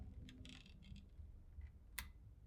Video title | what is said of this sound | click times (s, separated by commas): Mamiya 7 Overview and Specs | 500 of a second and now listen for the lock | 2.0 s